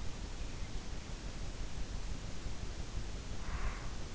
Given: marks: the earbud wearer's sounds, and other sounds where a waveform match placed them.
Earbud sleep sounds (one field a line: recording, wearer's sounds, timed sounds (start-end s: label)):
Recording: sounds in sleep by an in-ear microphone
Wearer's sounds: breath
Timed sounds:
3.44-3.97 s: breath